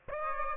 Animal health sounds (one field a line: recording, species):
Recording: mosquito wingbeat signal from an infrared sensor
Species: Aedes aegypti